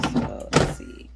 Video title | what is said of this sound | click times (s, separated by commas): This Week on the Homestead March 28th - April 4th | that lined up lid locked on | 0.6 s